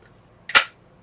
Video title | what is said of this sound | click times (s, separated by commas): you say your life is boring, but this is the life you created | Whoa. It snaps into place. | 0.5 s